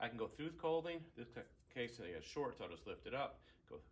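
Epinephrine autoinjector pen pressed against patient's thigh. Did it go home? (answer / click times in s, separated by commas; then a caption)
no / none. Someone talks while an epinephrine autoinjector pen, safety removed, is pressed into the middle of a patient's thigh through the clothing. The pen has not clicked or activated yet.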